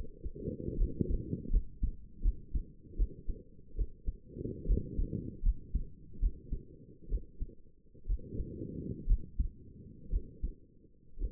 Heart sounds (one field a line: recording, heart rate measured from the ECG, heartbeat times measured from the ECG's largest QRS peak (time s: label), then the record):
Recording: heart sounds by stethoscope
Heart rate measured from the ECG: 69 bpm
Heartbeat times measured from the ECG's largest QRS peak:
0.78 s: heartbeat
1.51 s: heartbeat
2.23 s: heartbeat
2.97 s: heartbeat
3.76 s: heartbeat
4.67 s: heartbeat
5.43 s: heartbeat
6.20 s: heartbeat
7.09 s: heartbeat
8.07 s: heartbeat
9.07 s: heartbeat
10.10 s: heartbeat
11.19 s: heartbeat
From the record:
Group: healthy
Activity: rest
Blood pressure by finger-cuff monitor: 100/61 mmHg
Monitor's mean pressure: 73 mmHg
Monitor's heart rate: 71 bpm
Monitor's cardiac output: 6 L/min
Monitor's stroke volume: 83 mL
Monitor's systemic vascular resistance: 870 dyn s/cm5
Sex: female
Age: 28 years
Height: 170 cm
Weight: 77 kg